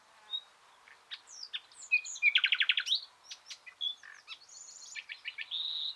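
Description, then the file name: Common nightingale song with scattered whistled notes, then a fast, loud trill of repeated notes, and further varied chirps and a drawn-out high whistle. "Luscinia megarhynchos"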